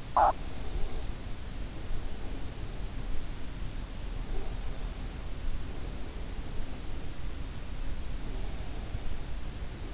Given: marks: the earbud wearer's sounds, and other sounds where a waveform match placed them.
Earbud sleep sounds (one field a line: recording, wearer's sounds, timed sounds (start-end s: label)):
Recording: sounds in sleep by an in-ear microphone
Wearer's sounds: swallowing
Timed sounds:
0.00-0.58 s: swallowing